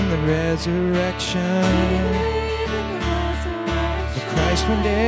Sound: echo